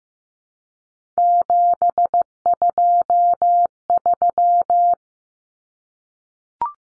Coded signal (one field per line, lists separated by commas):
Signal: Morse code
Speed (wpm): 15 wpm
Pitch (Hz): 700 Hz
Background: none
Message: 723